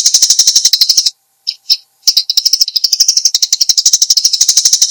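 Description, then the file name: Eurasian tree sparrow calling with quick, bright chirps in a fast series, one short pause with a few separate chips, then the rapid chirping resumes. "suara burung gereja"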